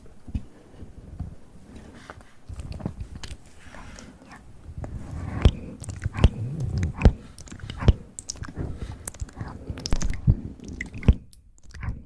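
Close mouth sounds: wet clicks, smacks and chewing-like crunches come in irregular bursts, with sharp pops near six, seven, eight and ten seconds.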